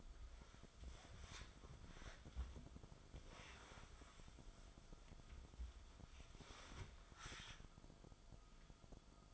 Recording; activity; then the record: daily activity, microphone in the room; wipe stove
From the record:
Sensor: 5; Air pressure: 1004.9 hPa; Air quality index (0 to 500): 98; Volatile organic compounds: 2 ppm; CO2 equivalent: 1196 ppm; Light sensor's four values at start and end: 33/74/31/30 and 33/75/31/30